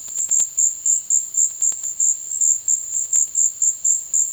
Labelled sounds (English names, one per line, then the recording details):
none
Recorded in dense forest near Puerto Asís, Putumayo, Colombia, on 18 February 2024 at 15:00
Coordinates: 0.505, -76.324
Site G6467